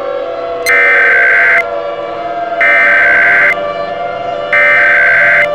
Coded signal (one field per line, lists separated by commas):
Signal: Emergency Alert System (SAME) tones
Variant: header bursts